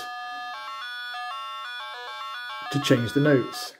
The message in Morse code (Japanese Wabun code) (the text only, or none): none